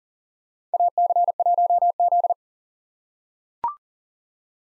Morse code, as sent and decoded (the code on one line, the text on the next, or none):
.- -.-. .---- --..
AC1Z